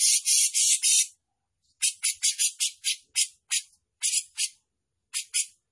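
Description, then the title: Grey-cheeked bulbul pouring out scratchy, buzzing high notes in quick, uneven runs, broken by brief silences. Prolific-singing (gacor) individual; song described as showy and in the 'mbeset ngepik' style. "Cucak Jenggot Gacor, Mewah Mbeset Ngepik"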